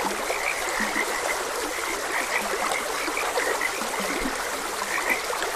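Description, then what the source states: Frog chorus with rapid high croaks and occasional low croaks, over the steady wash of flowing water. Frogs croaking beside a gentle stream.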